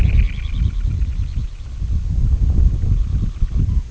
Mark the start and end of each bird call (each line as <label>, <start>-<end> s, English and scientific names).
Semipalmated Sandpiper (Calidris pusilla), 0.00-1.85 s
Semipalmated Sandpiper (Calidris pusilla), 2.73-3.74 s